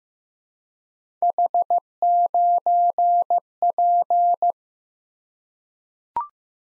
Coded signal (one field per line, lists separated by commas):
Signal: Morse code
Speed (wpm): 15 wpm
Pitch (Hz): 700 Hz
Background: none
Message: H9P